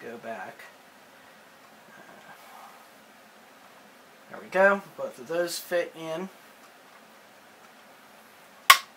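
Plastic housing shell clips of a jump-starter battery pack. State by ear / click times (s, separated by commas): seated / 8.7 s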